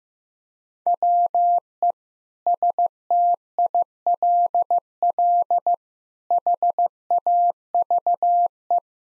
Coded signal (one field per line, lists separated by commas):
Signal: Morse code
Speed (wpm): 15 wpm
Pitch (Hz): 700 Hz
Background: none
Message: WE STILL HAVE